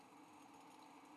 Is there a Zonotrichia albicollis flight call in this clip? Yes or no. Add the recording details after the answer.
no. No flight call is heard. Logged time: 08:26 on 5 December 2014